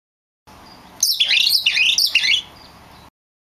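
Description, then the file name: Oriental magpie-robin giving a single brief phrase of high, twisting whistles and buzzy notes lasting under two seconds, surrounded by quiet hiss. Kacer (magpie-robin) of the lutung cebu type. "audio burung kacer lutung cebu. omkicau"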